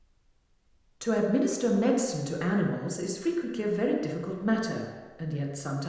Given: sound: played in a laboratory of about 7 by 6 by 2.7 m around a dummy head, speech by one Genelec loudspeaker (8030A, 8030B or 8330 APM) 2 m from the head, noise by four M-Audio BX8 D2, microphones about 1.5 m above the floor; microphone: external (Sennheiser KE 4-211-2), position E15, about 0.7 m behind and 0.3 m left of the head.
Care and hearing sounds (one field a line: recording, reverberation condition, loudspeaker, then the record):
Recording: female speech in English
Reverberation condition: high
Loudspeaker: behind (180 degrees)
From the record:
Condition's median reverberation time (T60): about 1300 ms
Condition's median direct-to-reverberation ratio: about -4.0 dB